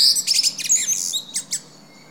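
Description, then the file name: Common blackbird's high, scratchy twittering: a rapid run of squeaky notes, then two short separate chirps fading into quiet. "Turdus merula"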